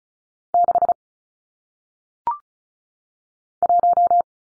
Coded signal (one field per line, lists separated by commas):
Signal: Morse code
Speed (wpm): 36 wpm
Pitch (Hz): 700 Hz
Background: none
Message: 6 1